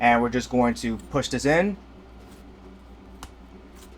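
Someone talks while handling the plastic bottom base of the stand for a ViewEdge CS27FK 27-inch 1080P gaming monitor, about to push it into the stand arm. After the talking ends around 1.8 s, there is quiet handling with one brief faint tap near 3.2 s. Nothing has seated or clicked yet.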